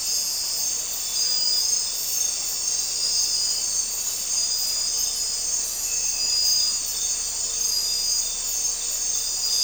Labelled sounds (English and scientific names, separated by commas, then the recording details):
none
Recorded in dense forest near Puerto Asís, Putumayo, Colombia, on 4 March 2025 at 00:00
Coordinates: 0.467, -76.328
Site G041